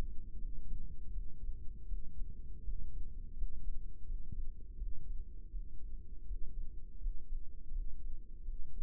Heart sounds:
heart sounds by microphone in the right ear; 82 bpm
0.36 s: heartbeat
1.10 s: heartbeat
1.85 s: heartbeat
2.62 s: heartbeat
3.34 s: heartbeat
4.04 s: heartbeat
4.76 s: heartbeat
5.49 s: heartbeat
6.25 s: heartbeat
6.98 s: heartbeat
7.70 s: heartbeat
8.42 s: heartbeat
From the record:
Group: healthy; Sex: male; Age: 21 years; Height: 180 cm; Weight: 67.5 kg

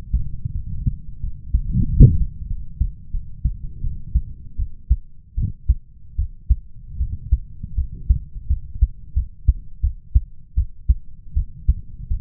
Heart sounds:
heart sounds by stethoscope; 83 bpm
0.52 s: heartbeat
1.20 s: heartbeat
1.86 s: heartbeat
2.47 s: heartbeat
3.11 s: heartbeat
3.81 s: heartbeat
4.56 s: heartbeat
5.35 s: heartbeat
6.16 s: heartbeat
6.97 s: heartbeat
7.75 s: heartbeat
8.47 s: heartbeat
9.13 s: heartbeat
9.81 s: heartbeat
10.55 s: heartbeat
11.34 s: heartbeat
12.08 s: heartbeat
From the record:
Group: healthy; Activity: rest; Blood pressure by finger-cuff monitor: 107/72 mmHg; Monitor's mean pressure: 82 mmHg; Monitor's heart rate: 81 bpm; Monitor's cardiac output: 6.7 L/min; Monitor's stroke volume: 79 mL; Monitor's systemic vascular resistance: 870 dyn s/cm5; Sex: male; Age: 20 years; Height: 187 cm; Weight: 68.9 kg

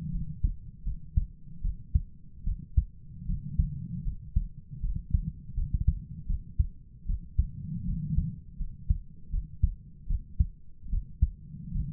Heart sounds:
heart sounds by stethoscope; 78 bpm
0.12 s: heartbeat
0.85 s: heartbeat
1.62 s: heartbeat
2.45 s: heartbeat
3.27 s: heartbeat
4.04 s: heartbeat
4.81 s: heartbeat
5.55 s: heartbeat
6.27 s: heartbeat
7.07 s: heartbeat
7.86 s: heartbeat
8.59 s: heartbeat
9.31 s: heartbeat
10.08 s: heartbeat
10.90 s: heartbeat
11.73 s: heartbeat
From the record:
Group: healthy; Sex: female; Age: 22 years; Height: 160 cm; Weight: 63 kg

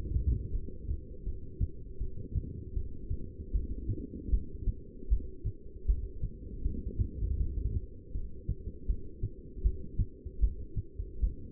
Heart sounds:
heart sounds by stethoscope; 79 bpm
0.52 s: heartbeat
1.25 s: heartbeat
1.99 s: heartbeat
2.75 s: heartbeat
3.53 s: heartbeat
4.31 s: heartbeat
5.10 s: heartbeat
5.87 s: heartbeat
6.63 s: heartbeat
7.39 s: heartbeat
8.13 s: heartbeat
8.88 s: heartbeat
9.63 s: heartbeat
10.41 s: heartbeat
11.21 s: heartbeat
From the record:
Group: heart failure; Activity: rest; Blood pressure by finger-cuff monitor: 187/114 mmHg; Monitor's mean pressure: 137 mmHg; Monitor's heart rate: 79 bpm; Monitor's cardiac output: 7.9 L/min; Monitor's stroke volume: 100 mL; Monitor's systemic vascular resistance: 1300 dyn s/cm5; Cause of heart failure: non-ischemic cardiomyopathy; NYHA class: 1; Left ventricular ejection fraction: 62%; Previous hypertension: present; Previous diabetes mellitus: present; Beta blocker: bisoprolol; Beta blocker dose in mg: 10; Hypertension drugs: sacubitril-valsartan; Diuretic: furosemide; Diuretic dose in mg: 20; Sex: male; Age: 49 years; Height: 167 cm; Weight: 110 kg

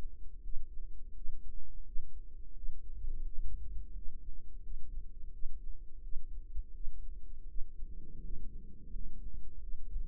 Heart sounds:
heart sounds by microphone in the right ear; 85 bpm
0.40 s: heartbeat
1.12 s: heartbeat
1.83 s: heartbeat
2.52 s: heartbeat
3.22 s: heartbeat
3.92 s: heartbeat
4.60 s: heartbeat
5.30 s: heartbeat
6.00 s: heartbeat
6.71 s: heartbeat
7.45 s: heartbeat
8.19 s: heartbeat
8.89 s: heartbeat
9.58 s: heartbeat
From the record:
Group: healthy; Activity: rest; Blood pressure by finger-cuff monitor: 109/73 mmHg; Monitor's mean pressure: 86 mmHg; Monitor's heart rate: 84 bpm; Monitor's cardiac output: 7.1 L/min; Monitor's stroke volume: 85 mL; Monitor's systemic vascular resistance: 890 dyn s/cm5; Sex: male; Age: 33 years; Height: 179 cm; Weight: 80.4 kg

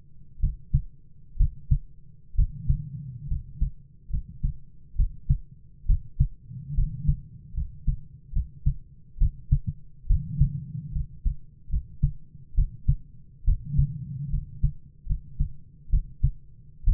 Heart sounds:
heart sounds by stethoscope; 69 bpm
0.39 s: heartbeat
1.36 s: heartbeat
2.34 s: heartbeat
3.27 s: heartbeat
4.09 s: heartbeat
4.95 s: heartbeat
5.85 s: heartbeat
6.74 s: heartbeat
7.53 s: heartbeat
8.32 s: heartbeat
9.17 s: heartbeat
10.06 s: heartbeat
10.91 s: heartbeat
11.69 s: heartbeat
12.54 s: heartbeat
13.44 s: heartbeat
14.29 s: heartbeat
15.05 s: heartbeat
15.89 s: heartbeat
16.83 s: heartbeat
From the record:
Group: healthy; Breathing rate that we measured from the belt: 16 breaths a minute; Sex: male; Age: 22 years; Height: 185 cm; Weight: 112.4 kg

